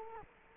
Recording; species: mosquito wingbeat signal from an infrared sensor; Culex quinquefasciatus